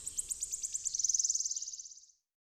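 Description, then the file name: Wood warbler song: spaced high ticks quicken into a rapid, silvery trill that tails off into silence. "Swistunka"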